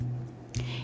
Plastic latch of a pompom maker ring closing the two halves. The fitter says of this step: fechadinho então apertou ele vai fazer um cliquez embaixo e